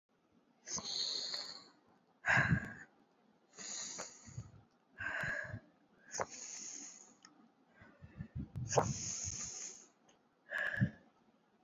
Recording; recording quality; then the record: deep breathing; excellent, no background noise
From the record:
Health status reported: COVID-19 positive, mild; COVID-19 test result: positive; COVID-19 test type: RT-PCR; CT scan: not taken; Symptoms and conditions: cough, cold, breathing difficulty, sore throat, fever, fatigue, muscle pain, loss of smell and taste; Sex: female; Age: 20 years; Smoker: no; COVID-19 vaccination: both doses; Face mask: not worn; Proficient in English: yes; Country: India